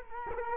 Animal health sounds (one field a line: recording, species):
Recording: mosquito wingbeat signal from an infrared sensor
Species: Culex quinquefasciatus